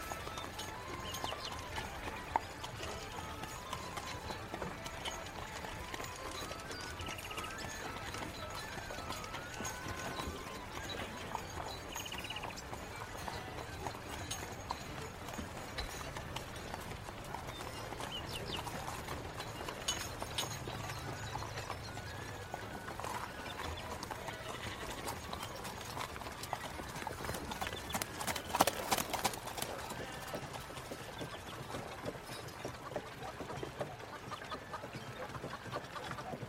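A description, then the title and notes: A horse-drawn carriage rolls along with steady clip-clopping hooves and a faint rumble, occasional voices, and a sharp clatter near twenty-nine seconds. Medieval life ASMR Ambience. Carriage.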